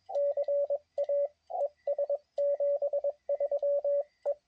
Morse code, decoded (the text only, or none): CA ES 73 E